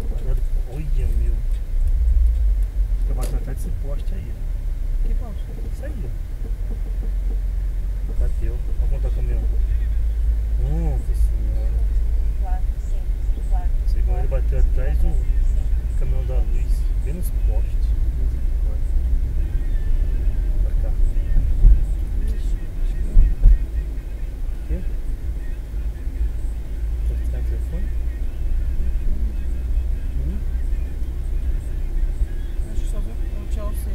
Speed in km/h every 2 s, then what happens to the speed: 11, 13, 15, 16, 18, 23, 23, 26, 27, 31, 33, 33, 30, 30, 32, 34, 34.
0-19 speeds up to 33. 19-34 steady at about 33.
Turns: 0-7.